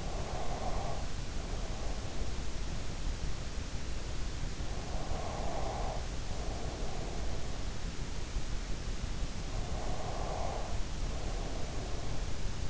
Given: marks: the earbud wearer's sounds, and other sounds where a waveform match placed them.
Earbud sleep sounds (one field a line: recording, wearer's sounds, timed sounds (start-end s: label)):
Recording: sounds in sleep by an in-ear microphone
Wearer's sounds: breath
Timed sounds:
0.00-2.05 s: breath
4.71-7.88 s: breath
9.23-12.70 s: breath